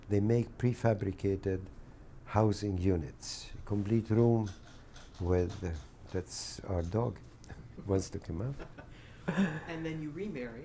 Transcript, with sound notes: They make prefabricated housing units, complete rooms with--. [scratching sound] That's our dog; wants to come out [laughs]
And then you remarried?